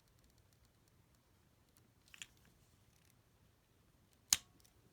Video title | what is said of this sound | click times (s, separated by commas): Transformers Studio Series 60 Voyager Class Constructicon Scrapper Review | you kind of hear that snap and basically what it's doing is the neck is snapping over that | 4.3 s